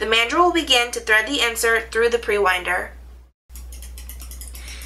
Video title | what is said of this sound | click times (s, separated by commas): KATO Torque Limiting Clutch Drive (CT9602) - For Tangless & Helicoil inserts | do you hear the clicking sound the handle is turning but the mandrel is not | 3.8 s, 4.1 s, 4.2 s, 4.4 s, 4.5 s, 4.6 s